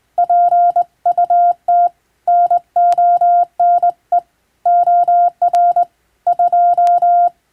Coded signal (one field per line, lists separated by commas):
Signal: Morse code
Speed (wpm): 20 wpm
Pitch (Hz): 700 Hz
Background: none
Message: PUT NONE OR 2